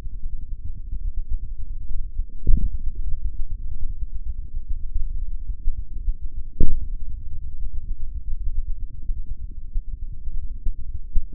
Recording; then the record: forearm muscle sounds (acoustic myography)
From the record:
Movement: hand opening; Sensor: system 3, bracelet of six PUI Audio POM-2738L microphones around the upper forearm, with dedicated amplification and filtering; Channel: 6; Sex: male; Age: 56 years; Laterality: right